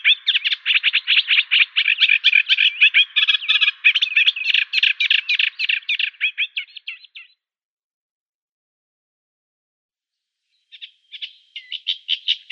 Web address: Schulze Peter Reed Warbler song